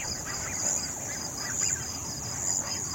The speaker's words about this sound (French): Oui, ça c'est typiquement le son qu'on peut entendre de nuit. Bon, tout ce qui est grillons, criquets, sauterelles, bon là on les entend. De là à les distinguer, à distinguer les différentes espèces, c'est pas forcément évident.